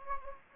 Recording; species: mosquito wingbeat signal from an infrared sensor; Anopheles gambiae